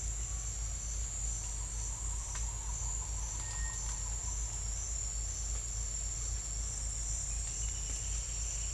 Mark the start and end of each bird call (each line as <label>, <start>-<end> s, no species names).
bird call, 3.39-3.81 s